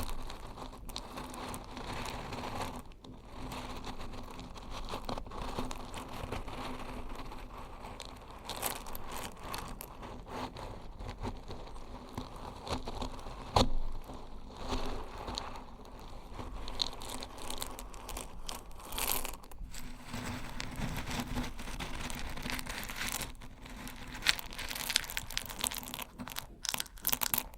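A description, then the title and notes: Crunchy stirring of something dry and brittle, a steady gritty crackle running the whole way through. Sharper crunches and scrapes stand out irregularly, clustering around the middle and near the end, over a faint low hum. Old-Time Riches Crunchy Stirring. NO TALKING.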